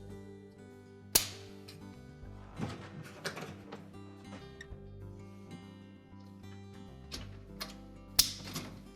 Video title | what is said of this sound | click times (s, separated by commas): GE Dishwasher Repair - How to Replace the Main Conduit | and just press them in until it locks in place. | 1.2 s, 8.2 s